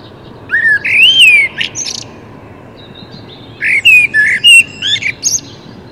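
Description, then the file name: Common blackbird song: a long smooth arching whistle with a high squeaky tail, then a second rippling fluted phrase after a short pause. "Turdus merula"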